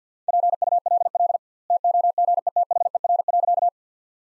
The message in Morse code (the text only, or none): PULL TOGETHER.